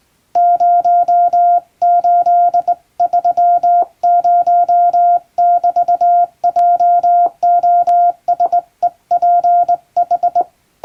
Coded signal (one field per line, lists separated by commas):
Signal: Morse code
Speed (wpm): 20 wpm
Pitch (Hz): 700 Hz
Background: none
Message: 0830<BT>JOSEPH